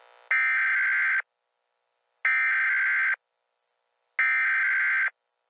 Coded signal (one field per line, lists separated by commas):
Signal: Emergency Alert System (SAME) tones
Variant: header bursts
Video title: LEVELED: [EAS TORNADO SCENARIO]